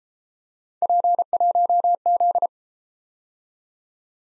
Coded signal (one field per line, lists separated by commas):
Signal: Morse code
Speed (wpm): 33 wpm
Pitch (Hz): 700 Hz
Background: none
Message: P1Z